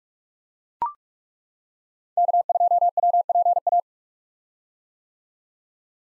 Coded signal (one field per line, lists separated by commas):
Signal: Morse code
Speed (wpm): 42 wpm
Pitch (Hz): 700 Hz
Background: none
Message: K2WPA